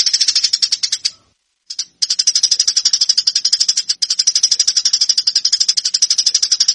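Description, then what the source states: Eurasian tree sparrow chattering continuously in rapid, strident high chirps, broken by one short pause near the start. Fighting call of the tree sparrow, used as a training recording for birds.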